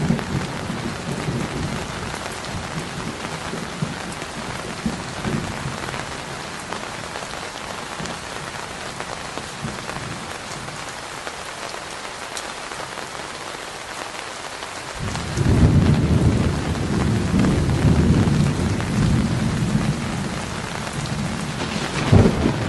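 Steady rain hisses throughout, a dense patter of drops. Low thunder rumbles through the first few seconds, fades into quieter rain, then a heavier, louder roll of thunder swells in at around fifteen seconds and continues to the end.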